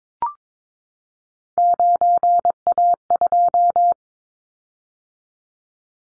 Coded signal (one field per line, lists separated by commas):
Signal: Morse code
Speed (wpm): 22 wpm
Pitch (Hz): 700 Hz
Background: none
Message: 9A2